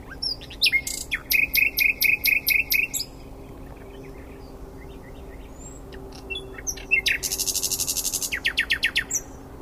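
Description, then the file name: Common nightingale song: a measured run of repeated whistled notes, then after a quiet pause a rapid buzzing trill followed by a few sharp notes. "Luscinia megarhynchos"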